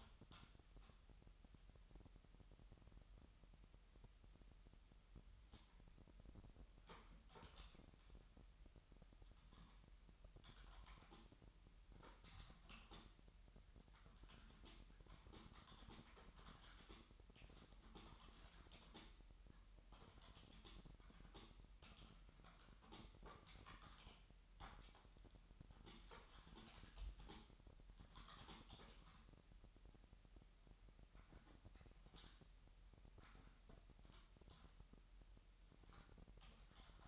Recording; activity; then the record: daily activity, microphone in the room; typing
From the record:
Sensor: 3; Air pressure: 1002.0 hPa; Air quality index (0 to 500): 246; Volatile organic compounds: 50 ppm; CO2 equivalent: 3295 ppm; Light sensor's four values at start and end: 13/41/17/15 and 13/42/17/16